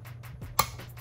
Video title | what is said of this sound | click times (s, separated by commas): UNBOXING THE CANIK ELITE COMBAT FIRST IMPRESSIONS. PART 2 HOLOSUN Red Dot install | All right, once you hear it pop and click, you know, here you go. We know we're good. | 0.6 s